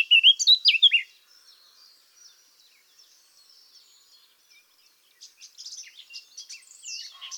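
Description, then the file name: Eurasian blackcap song: a loud burst of clear whistled notes at first, then a long near-quiet stretch and a softer, chattering warble at the end. "Sylvia atricapilla"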